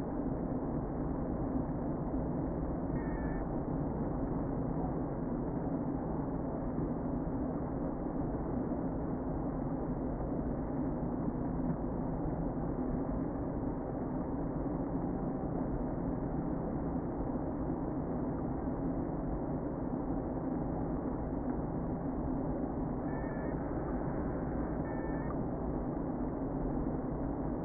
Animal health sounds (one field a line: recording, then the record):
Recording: honeybee colony, microphone inside the hive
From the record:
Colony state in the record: queen present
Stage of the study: before two queens were removed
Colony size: about 60,000 bees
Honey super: yes